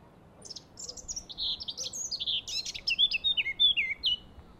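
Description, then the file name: Eurasian blackcap singing, a soft rapid scratchy twitter building into a strong run of clear flutey whistled notes that dip and rise near the end. "Sylvia atricapilla"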